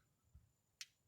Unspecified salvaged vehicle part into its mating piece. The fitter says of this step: nice satisfying click but you can see how that